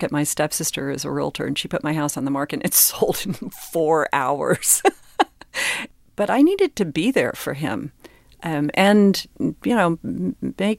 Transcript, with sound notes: my stepsister is a realtor and she put my house on the market and it sold in four hours (laughter). But I needed to be there for him. And, you know,